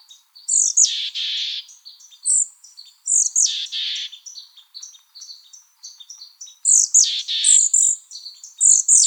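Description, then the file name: Mexican Chickadee calls: bursts of high, thin notes followed by harsh, buzzy notes, in three clusters spaced a few seconds apart, with softer high chips scattered between them. "MECH CALLS 1 deviche"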